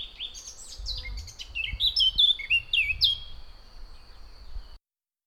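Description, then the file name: Eurasian blackcap song: a rich, fast warble of varied whistled notes, with low rumbling noise beneath. "Sylvia atricapilla"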